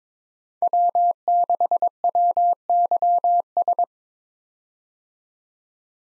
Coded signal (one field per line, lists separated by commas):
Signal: Morse code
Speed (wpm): 22 wpm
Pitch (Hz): 700 Hz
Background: none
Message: W6WYS